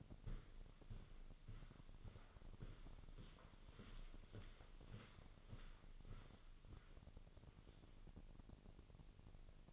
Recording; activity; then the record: daily activity, microphone in the room; walk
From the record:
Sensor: 4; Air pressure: 1010.1 hPa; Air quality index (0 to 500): 173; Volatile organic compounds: 2 ppm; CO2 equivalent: 1255 ppm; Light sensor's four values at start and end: 53/131/55/60 and 53/130/55/60